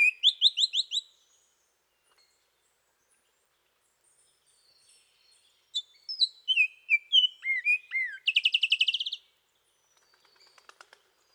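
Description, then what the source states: Bird song and calls: a quick series of descending chirps, then a varied phrase of whistled slurs ending in a rapid buzzy trill, with faint ticking afterwards. Costa Rican cloud forest; song and call.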